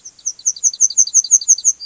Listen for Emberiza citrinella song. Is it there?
yes